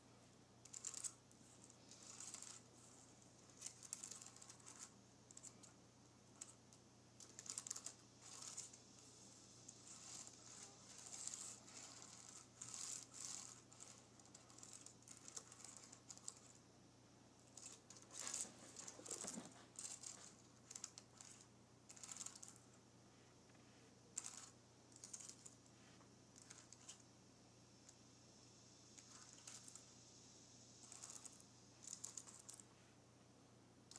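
Fingernails graze and tap across a keyboard in quick, irregular bursts, producing thin, bright clicks and scratches that come in clusters with brief pauses between them. A steady low hum sits underneath throughout, and a short dull thump stands out around the nineteen-second mark.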